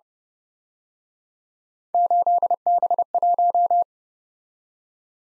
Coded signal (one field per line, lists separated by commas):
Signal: Morse code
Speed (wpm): 31 wpm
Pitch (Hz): 700 Hz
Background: none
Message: 8B1